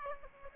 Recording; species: mosquito wingbeat signal from an infrared sensor; Aedes aegypti